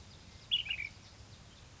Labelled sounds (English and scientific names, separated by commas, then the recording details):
Ash-throated Flycatcher (Myiarchus cinerascens)
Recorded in Sonoma County, California